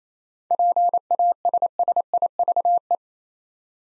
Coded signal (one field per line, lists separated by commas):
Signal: Morse code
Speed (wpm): 28 wpm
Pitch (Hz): 700 Hz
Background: none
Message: PASSIVE